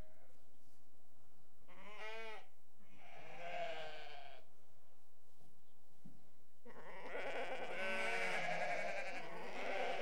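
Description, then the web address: Sheep bleating, a short wavering bleat near two seconds, a longer one around three to four seconds, then drawn-out bleating from about seven seconds to the end. Restless sheep. "BBC Sound Effects Library. Sheep Restless"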